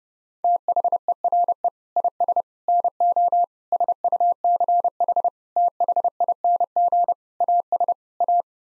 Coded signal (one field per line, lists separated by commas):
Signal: Morse code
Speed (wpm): 30 wpm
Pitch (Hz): 700 Hz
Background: none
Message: THERE IS NO SUCH THING AS A